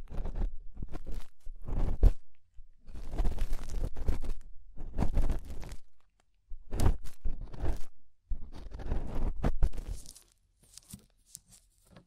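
Ear scraping in irregular bursts of rough, crackling scratches, each lasting one to two seconds, with short silent gaps between them. The strokes are dense and gritty, reaching from a low rumble up to bright hiss. After about ten seconds the scraping thins to faint, scattered ticks.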